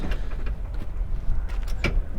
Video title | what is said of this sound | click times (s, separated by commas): 899 Pre trip | Lock in your handle by pushing it all the way down until it clicks. | 1.8 s